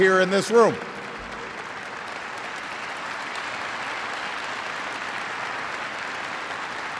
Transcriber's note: applause